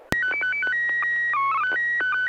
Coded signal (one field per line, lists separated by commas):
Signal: SSTV (slow-scan television)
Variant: PD 120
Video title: N6NA SSTV Net - 01/26/2022